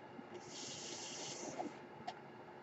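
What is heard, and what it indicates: A soft, steady airy hiss lasting about a second: one breath delivered by a home mechanical ventilator.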